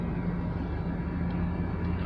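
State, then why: Not seated. A 70-300 zoom lens is twisted onto the bayonet mount of a Canon 2000D DSLR camera body after its index marks are lined up. A steady low hum and broadband background noise run throughout, with no sharp transients, while someone talks. The lens has not locked yet, and nothing has seated or clicked in this stretch.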